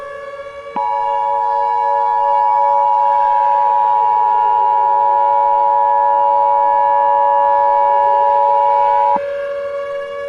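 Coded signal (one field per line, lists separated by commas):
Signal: Emergency Alert System (SAME) tones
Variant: 853 and 960 Hz attention tone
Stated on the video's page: Fictional Halloween EAS mock containing valid EAS tones.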